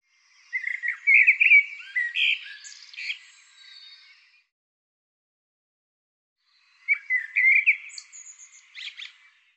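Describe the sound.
Bird song as two rambling phrases of chattering chirps and slurred notes with a few high squeaks, a silent pause of a few seconds between them.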